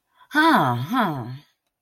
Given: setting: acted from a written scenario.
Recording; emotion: vocal sound without words; realization